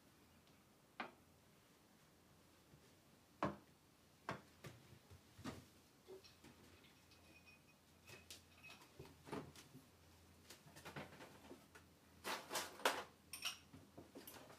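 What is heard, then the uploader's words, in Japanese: Cooking eggplant stewed in tomato: sharp clinks and taps of utensils, sparse at first and busier after ten seconds, over a faint low hum. 環境音 ナスのトマト煮込み。ベーコンの代わりにちくわをいれてみました。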